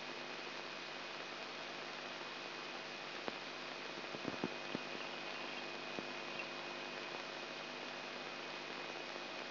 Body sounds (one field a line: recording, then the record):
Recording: brain microelectrode recording played as sound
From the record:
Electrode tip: outside the subthalamic nucleus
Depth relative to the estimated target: -6 mm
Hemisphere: left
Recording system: AlphaMap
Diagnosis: Parkinson's disease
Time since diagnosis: 8 years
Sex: male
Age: 59 years